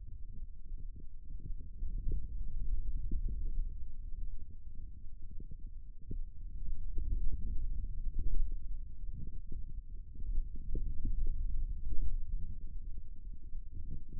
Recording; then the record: forearm muscle sounds (acoustic myography)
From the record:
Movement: finger pinch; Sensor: system 2, bracelet of six BSWA MPA416 microphones around the upper forearm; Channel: 3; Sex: male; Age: 22 years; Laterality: right